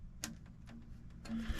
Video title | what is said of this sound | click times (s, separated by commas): Quick and easy Centipede repair | If you listen, you'll hear them snap. | 0.2 s